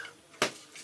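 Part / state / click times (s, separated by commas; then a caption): second CPU cooler fan clip into heatsink retention frame / seated / 0.4 s. The second clip of a plastic CPU cooler fan mount on a Compaq Presario S7390fr with a Pentium 4 HT Northwood is pushed home into the heatsink retention frame, giving a single loud, sharp snap at 0.4 s over quiet background. The clip latches on the first try and is seated.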